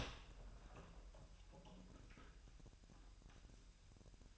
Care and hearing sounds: daily activity, microphone in the room; open door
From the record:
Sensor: 2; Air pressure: 1001.1 hPa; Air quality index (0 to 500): 249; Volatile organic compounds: 96 ppm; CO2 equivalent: 3726 ppm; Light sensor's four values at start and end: 9/23/9/9 and 10/23/9/10

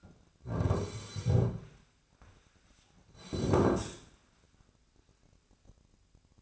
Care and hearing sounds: daily activity, microphone in the room; sit down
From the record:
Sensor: 2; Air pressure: 1009.1 hPa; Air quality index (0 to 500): 169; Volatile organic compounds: 2 ppm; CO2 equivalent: 1236 ppm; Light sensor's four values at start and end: 41/109/46/51 and 39/104/43/48

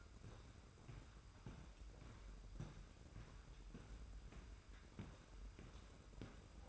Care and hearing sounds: daily activity, microphone in the room; walk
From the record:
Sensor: 2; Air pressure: 990.6 hPa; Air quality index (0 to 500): 181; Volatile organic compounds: 1000 ppm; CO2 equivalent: 5769 ppm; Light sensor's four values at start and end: 25/60/24/25 and 26/61/25/25

